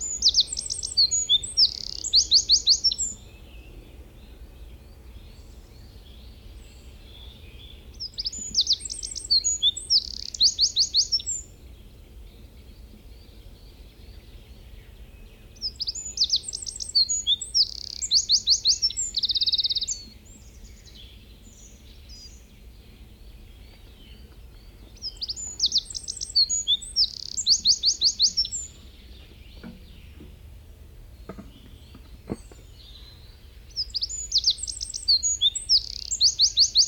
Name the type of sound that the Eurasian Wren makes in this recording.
song